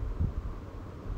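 The top lid of an LG fully automatic top-load washing machine is handled as it is about to be closed onto the cabinet. Only a steady low rumble and broadband noise are heard, with soft low thumps around 0.2 and 0.4 seconds. The lid has not shut yet.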